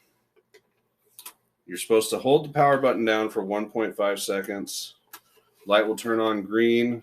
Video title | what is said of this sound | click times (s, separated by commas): Ryobi 40v 300w Inverter | so this battery actually goes in like so once that clicks into place | 1.2 s, 1.3 s